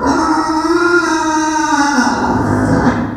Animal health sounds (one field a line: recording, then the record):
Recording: squeal of a Yucatan mini pig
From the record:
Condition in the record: after surgery on the right vocal fold (resection and tissue-engineered implant)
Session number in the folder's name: 7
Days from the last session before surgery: 47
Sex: female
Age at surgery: 19 weeks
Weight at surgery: 25 kg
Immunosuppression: prednisolone